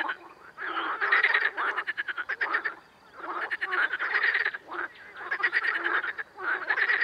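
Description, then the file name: Amphibian croaks come in bursts of rapid pulses, with quieter stretches between. Ambience. "AMBAmphibiens"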